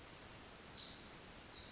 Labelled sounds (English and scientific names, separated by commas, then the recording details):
Pacific Wren (Troglodytes pacificus)
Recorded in Sonoma County, California